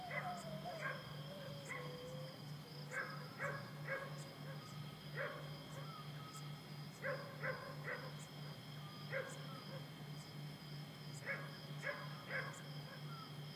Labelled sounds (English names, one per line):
Eurasian Scops Owl